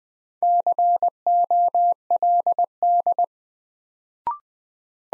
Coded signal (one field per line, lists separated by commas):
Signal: Morse code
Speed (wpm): 21 wpm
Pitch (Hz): 700 Hz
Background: none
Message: COLD